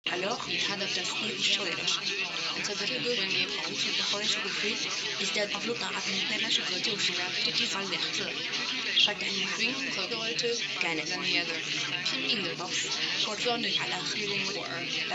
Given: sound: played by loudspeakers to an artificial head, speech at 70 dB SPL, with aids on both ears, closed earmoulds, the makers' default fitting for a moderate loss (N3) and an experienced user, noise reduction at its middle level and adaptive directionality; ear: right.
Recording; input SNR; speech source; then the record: speech test signal (ISTS) in cocktail-party noise; 0 dB; in front (0 degrees)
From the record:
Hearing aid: class 1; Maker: A